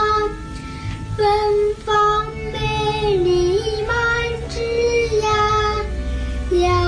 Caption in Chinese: 她呢，在听障儿童当中算是康复的比较顺利的了，不仅能够做到正常的交流，而且唱歌还很好听。 在开嗓的时候在练习，他唱了一段《茉莉花》。 说话对于听障儿童来说已经是一件非常困难的事情了，但是很多小朋友经过训练之后还能做到唱歌。 这双会发电的耳朵。